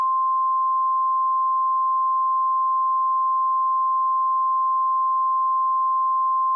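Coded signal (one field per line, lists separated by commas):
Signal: Emergency Alert System (SAME) tones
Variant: 1050 Hz attention tone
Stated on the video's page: Fictional EAS scenario about a wildfire, with valid tones.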